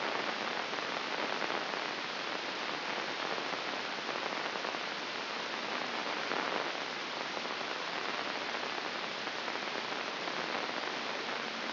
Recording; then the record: brain microelectrode recording played as sound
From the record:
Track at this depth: inside the subthalamic nucleus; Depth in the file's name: 2.035 mm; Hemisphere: left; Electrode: 2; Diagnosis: Parkinson's disease